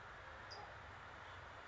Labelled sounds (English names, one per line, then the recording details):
California Towhee
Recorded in Sonoma County, California